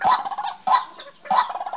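Bird calls, three harsh, nasal bursts spaced about 0.6 seconds apart.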